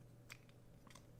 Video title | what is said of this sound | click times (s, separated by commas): Ultimarc Product Tutorials: Ultrastik 360FS Flight Stick | It just snaps in place. | 0.3 s